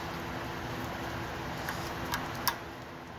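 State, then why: Seated. An extra safety clip, grooved on one side, is fitted over the lever of a Fumoto oil drain valve on an engine's oil pan so the lever cannot be pushed down. Over a steady fan-like hum, faint ticks come at 1.7 s and 2.1 s, then a sharp snap at 2.5 s as the clip locks into place. The clip is seated.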